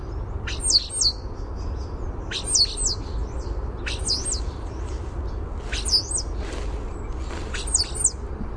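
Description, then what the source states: European starling giving high sweeping whistled phrases, repeated roughly every two seconds with softer warbling between, over faint low rumble. Warbled song type.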